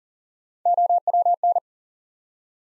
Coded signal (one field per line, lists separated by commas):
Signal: Morse code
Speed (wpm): 43 wpm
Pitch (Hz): 700 Hz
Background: none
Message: OWN